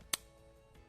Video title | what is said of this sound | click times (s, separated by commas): Inverness - Finnish training video 2 | out the earring cartridge and load it into the instrument you should hear the cartridge click into place | 0.1 s